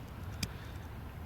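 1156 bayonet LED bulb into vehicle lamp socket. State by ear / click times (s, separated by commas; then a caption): seated / 0.4 s. A WOXMA 12V white 1156 (BA15S) LED bulb with an aluminum housing is pushed and twisted into a vehicle's lamp socket, fitting slightly looser than the old bulb. A single sharp click at 0.4 s rises above a steady low background hum as the bulb locks into place.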